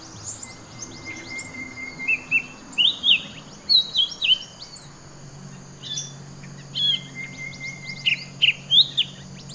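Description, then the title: Bird giving clusters of sharp, sweeping chirps, several bursts spaced throughout, against a steady high whine and low background hum. "SuaraBurung Kicau"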